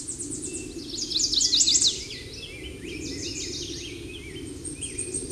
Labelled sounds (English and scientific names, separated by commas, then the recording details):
Chestnut-sided Warbler (Setophaga pensylvanica) song
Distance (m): 10 m
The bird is about 5 m above the microphone
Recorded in a Pennsylvania forest on 16 May 2024 at 08:59
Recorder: AudioMoth, point MSD-0627
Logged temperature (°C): 14.8 °C
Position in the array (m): 117 m, -0 m